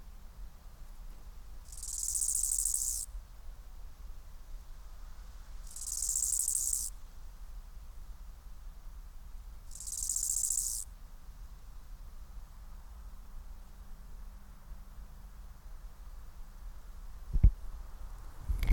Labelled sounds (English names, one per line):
Bow-winged Grasshopper stridulation